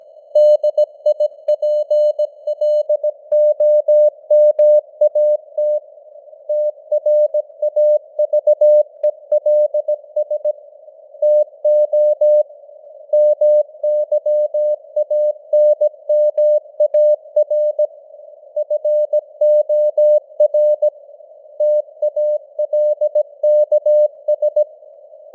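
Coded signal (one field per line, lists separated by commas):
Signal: Morse code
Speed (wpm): 17 wpm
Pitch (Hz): 600 Hz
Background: none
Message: DIPLOMAT TRAVELS TO MYANMAR FOR TALKS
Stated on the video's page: Simulated news headlines in Morse at 17 wpm with artificial radio noise and varying signal strength (QSB).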